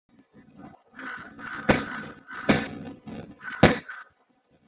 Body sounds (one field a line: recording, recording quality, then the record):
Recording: shallow voluntary cough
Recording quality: moderate, slight background noise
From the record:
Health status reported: healthy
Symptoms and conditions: none ticked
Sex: male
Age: 27 years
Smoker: not ticked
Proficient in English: yes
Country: India